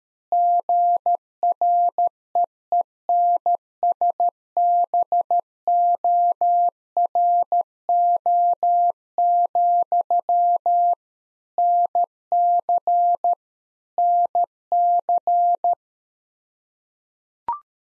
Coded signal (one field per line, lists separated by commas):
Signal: Morse code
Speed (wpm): 13 wpm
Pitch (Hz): 700 Hz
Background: none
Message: GREENSBORO, NC NC